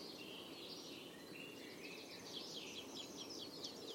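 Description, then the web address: European robin singing a faint, varied phrase of thin high warbled and trilled notes against a background hiss. "Deverinetal 2025 File origin Bird Only Er Ru"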